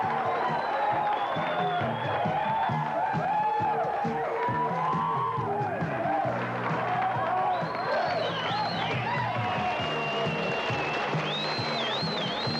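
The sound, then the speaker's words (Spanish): In the film El rey de la comedia (1982), a crowd applauds steadily and loudly for over twelve seconds as Rupert Pupkin is welcomed onto a television show, dense clapping layered with excited cheers, whoops and shouting voices that rise and fall throughout. “Un aplauso para Rupert Pupkin.”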